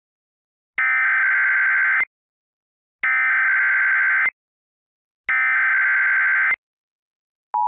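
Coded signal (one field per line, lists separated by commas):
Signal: Emergency Alert System (SAME) tones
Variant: header bursts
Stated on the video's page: Simulated EAS recreation mock of a civil emergency.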